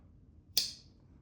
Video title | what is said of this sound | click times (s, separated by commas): 2 Great Knives from a Great Guy - Custom Slipjoint Trappers from Philbrick Knives | hear that snap | 0.6 s